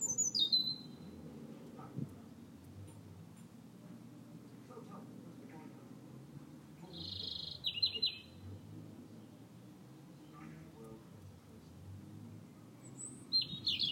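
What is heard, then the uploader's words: Birds call in short, bright bursts: a squawky note near the start, a buzzy chirp around seven to eight seconds, and another sharp call at the very end. Between them a steady low rumble, like traffic or wind, fills the background. Bird song.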